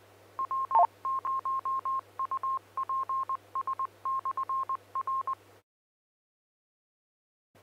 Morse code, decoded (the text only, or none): W0UPS/R